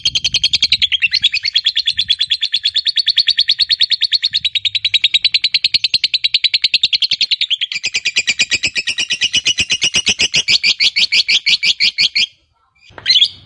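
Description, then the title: Lovebird ngekek song: a very long, rapid, rattling chatter of harsh notes, shifting slightly in tone midway, ending with a brief pause and one squawk. Fighter-type lovebird; the recording features its long ngekek (ngekek panjang). "Begitu Dengar Suara Lovebird FIGHTER NGEKEK PANJANG"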